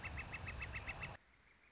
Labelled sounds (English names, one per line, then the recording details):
Northern Flicker
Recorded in Sonoma County, California